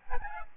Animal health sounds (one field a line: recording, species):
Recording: mosquito wingbeat signal from an infrared sensor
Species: Aedes albopictus